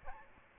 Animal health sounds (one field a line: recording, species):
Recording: mosquito wingbeat signal from an infrared sensor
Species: Aedes albopictus